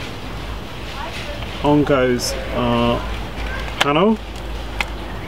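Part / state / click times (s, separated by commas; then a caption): removable side panel clipping into a plastic hanging basket / seated / 4.8 s. A removable plastic side panel of a hanging basket is pushed around the collar of a plant and clipped into the basket frame while someone talks over a steady background hiss. A sharp, short snap at 4.8 s marks the panel seating in place.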